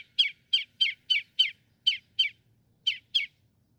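Northern mockingbird song: harsh, raspy chattering notes repeated in a quick series with a short break before the last two.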